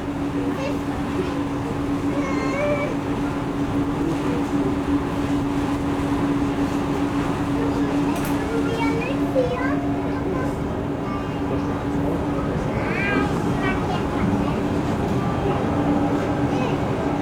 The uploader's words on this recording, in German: Auf der Fähre von Konstanz nach Meersburg. An das nördliche Ufer des Bodensees. Im Oktober 2018.